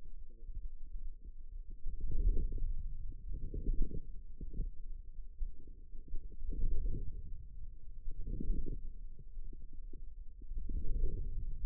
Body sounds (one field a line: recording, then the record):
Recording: forearm muscle sounds (acoustic myography)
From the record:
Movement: inward rotation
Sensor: system 2, bracelet of six BSWA MPA416 microphones around the upper forearm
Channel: 4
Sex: female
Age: 21 years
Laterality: right